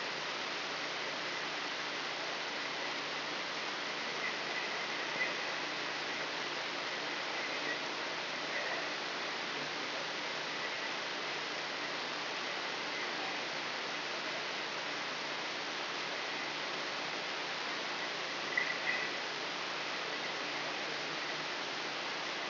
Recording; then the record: brain microelectrode recording played as sound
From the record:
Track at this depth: inside the subthalamic nucleus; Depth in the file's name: 3.708 mm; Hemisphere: left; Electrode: 3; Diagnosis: Parkinson's disease